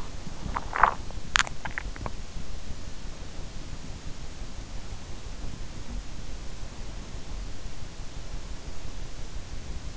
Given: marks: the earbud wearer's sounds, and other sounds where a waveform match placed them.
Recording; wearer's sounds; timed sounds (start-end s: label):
sounds in sleep by an in-ear microphone; swallowing
0.00-3.26 s: swallowing